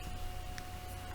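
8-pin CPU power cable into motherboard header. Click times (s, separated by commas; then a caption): 0.6 s. An 8-pin CPU power cable is pushed into the left port on the motherboard and seats with a sharp click at 0.6 s. The click stands out over a steady hum and background noise, and the connector is fully seated.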